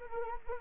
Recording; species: mosquito wingbeat signal from an infrared sensor; Anopheles arabiensis